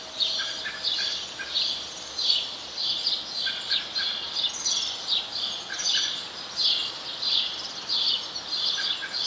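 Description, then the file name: House sparrow calls, a steady run of short bright chirps, some overlapping, against a constant background hiss. "Passer domesticus"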